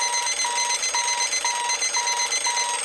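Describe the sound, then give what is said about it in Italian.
An alarm clock rings with six loud, shrill electronic beeps in a steady rhythm, each about a third of a second long with short gaps between, and no voices. “E questo è uno dei gesti, tump, che ci fanno toccare con mano che le vacanze sono finite, la sveglia suona e bisogna buttarsi giù dal letto ed è dura”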